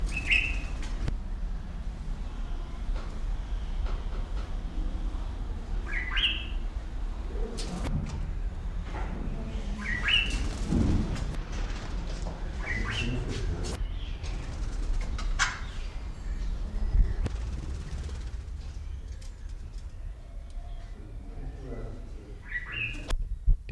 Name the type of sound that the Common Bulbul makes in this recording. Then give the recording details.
wing sound. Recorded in captivity. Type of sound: call, wing sound. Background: Lybius melanopterus. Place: Zoo Berlin, Berlin, DE. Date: 1994-07-02 11:04. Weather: sonnig, 18-24°C. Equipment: Marantz CP 430, Sennheiser ME 80, Kopie Uher Variocord 263. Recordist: Tembrock, Günter. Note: Zweisilbige Laute (klanghaft) - zwischen Braunbrustbartvogel-Aufnahme